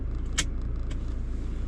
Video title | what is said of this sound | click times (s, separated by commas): 2021 BMW 330I Full Review | Nice solid click on the seatbelts. | 0.4 s